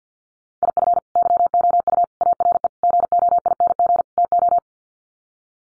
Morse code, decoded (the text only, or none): IF YOU ARE GOING TO